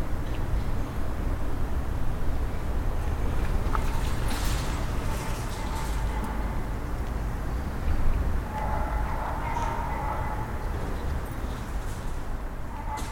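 Riley Square, with a steady, dense low rumble like passing traffic running the whole time. Brief brighter sounds break through around four to five seconds and again near nine to ten, with a short tonal whine there and near the end, possibly a vehicle or faint voices.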